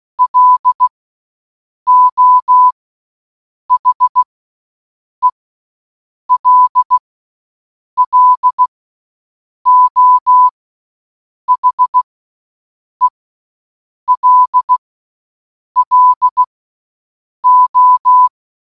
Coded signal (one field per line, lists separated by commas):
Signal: Morse code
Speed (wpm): 16 wpm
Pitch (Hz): 1000 Hz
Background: none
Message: LO HELLO HELLO